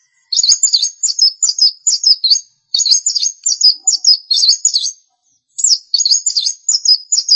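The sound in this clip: Long-tailed shrike singing repeated squeaky, twisting high phrases in quick bursts, separated by short pauses.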